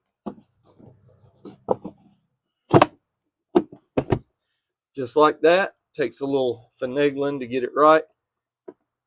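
Plastic retaining tabs are being worked back toward their slots in the dash/housing of a Ford F150 during an air filter change. Short handling taps and knocks are heard around 1.7 to 4.1 s, with someone talking throughout the rest of the clip. Nothing has seated or clicked yet.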